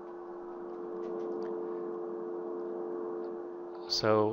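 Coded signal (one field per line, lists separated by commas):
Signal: telephone call progress tone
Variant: North America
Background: speech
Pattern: dial tone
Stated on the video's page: Dial tone generated from the front panel of a Keysight 33622A Trueform waveform generator, with added noise.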